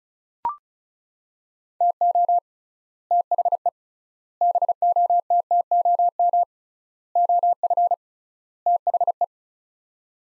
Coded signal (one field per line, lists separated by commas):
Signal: Morse code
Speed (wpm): 36 wpm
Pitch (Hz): 700 Hz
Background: none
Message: TO THE BOTTOM OF THE